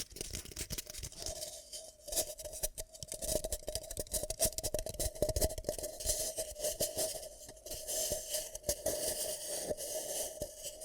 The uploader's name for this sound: ASMR 10 Ear Cupping Triggers